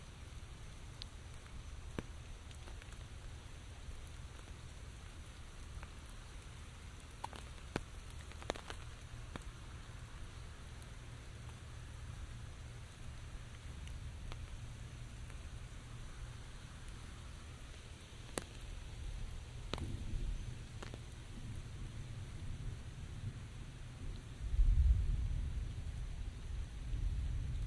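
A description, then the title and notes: Light rain falls in a forest, a soft steady hiss with scattered sharp drop ticks, a few louder around 8, 18 and 20 seconds. A low rumble runs underneath throughout, swelling briefly near 25 seconds before easing. Walking Through A Forest. Sounds of a forest during light rain.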